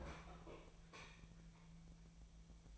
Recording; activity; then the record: daily activity, microphone in the room; open fridge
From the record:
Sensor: 1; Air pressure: 1009.8 hPa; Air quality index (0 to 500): 190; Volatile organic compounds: 18 ppm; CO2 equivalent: 2605 ppm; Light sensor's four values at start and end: 33/85/35/43 and 33/85/35/43